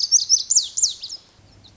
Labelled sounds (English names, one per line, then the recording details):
Lazuli Bunting
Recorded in Sonoma County, California